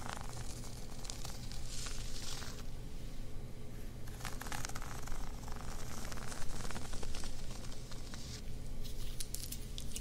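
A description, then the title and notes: Dense scratching and rubbing of fabric fills the whole stretch, a constant crackly rustle with bright bursts of scraping around two to three seconds and again near five and nine seconds. A low steady hum sits underneath throughout. ASMR Ear Massages + Fabric Scratching on 3DIO.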